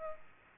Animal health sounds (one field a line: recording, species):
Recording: mosquito wingbeat signal from an infrared sensor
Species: Aedes aegypti